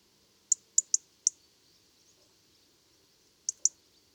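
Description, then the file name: European robin with a quick run of four high, sharp ticks, a pause of about two seconds, then two more ticks; otherwise quiet. "Erithacus rubecula"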